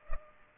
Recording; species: mosquito wingbeat signal from an infrared sensor; Culex pipiens